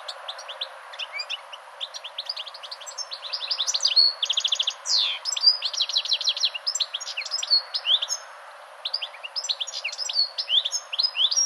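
European goldfinch pouring out a continuous twittering song with a rattling buzzy trill, a sharp downward slur, and more lively chirps after a brief pause.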